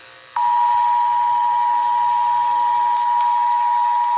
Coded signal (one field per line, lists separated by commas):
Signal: Emergency Alert System (SAME) tones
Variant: 853 and 960 Hz attention tone